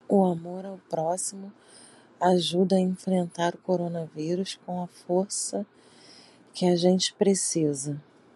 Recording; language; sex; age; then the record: spoken sentence; Brazilian Portuguese; female; 30 to 39 years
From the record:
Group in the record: control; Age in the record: 38 years